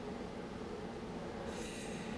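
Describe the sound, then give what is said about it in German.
Steady, heavy rumble of tanks with 800-horsepower engines being loaded onto rail cars at a railway station for transport to a military training area, a low mechanical drone joined midway by a bright metallic hiss of tank tracks. “Sie verladen die Panzer und fahren damit zum Truppenübungsplatz.”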